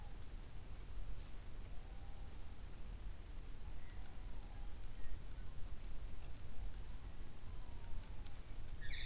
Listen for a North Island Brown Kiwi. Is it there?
no